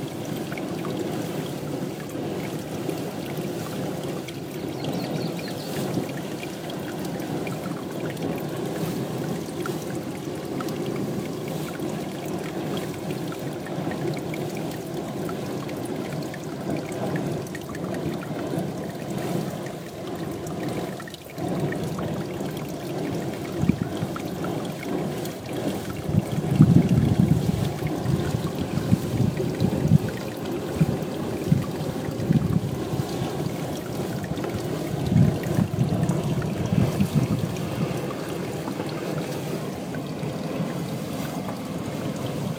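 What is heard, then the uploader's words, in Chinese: Geyser water churns in a steady, dense, low rumble that fills the whole clip. Past the midpoint the gushing swells into louder, rougher surges, strongest around 27 seconds and again near 35 seconds, before settling slightly. 间歇泉水的声音_美国黄石国家森林公园。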